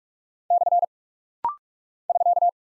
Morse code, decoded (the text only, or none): / <SK>